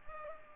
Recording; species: mosquito wingbeat signal from an infrared sensor; Culex pipiens